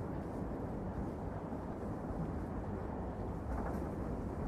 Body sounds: background sound without coughing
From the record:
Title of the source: Train Ride Ambience ambient white noise for sleeping, focus, studying, reading

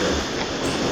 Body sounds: coughing mixed with background sound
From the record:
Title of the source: Residual Phlegmy Morning Coughing and Gagging

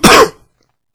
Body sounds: coughing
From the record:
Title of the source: Coughing 46

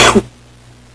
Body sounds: coughing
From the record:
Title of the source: 61 morning phlegmy cough...again

